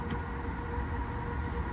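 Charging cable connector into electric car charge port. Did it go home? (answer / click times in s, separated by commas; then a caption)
no / none. A public charger's plug is pushed hard into the charging port of a Tesla electric car against a steady, low vehicle-like hum, with no distinct impact or latch sound. The connector does not seat or click in, and the charger is out of service.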